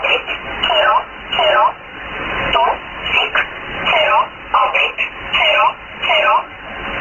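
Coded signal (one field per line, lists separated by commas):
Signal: numbers station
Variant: E11 Oblique, English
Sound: about eight short, evenly spaced spoken words in a flat voice over shortwave hiss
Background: radio static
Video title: 30 07 2018 E11 Oblique Numbers station in English to Eu 0745 on 9610 unknown tx site in USB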